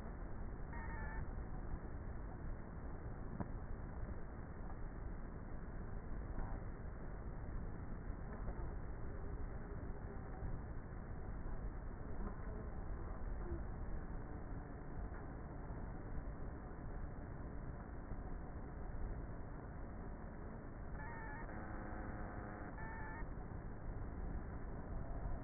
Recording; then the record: honeybee colony, microphone inside the hive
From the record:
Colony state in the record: queenless with a low population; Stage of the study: before two queens were removed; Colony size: about 30,000 bees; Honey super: no